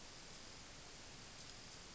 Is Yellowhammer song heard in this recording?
no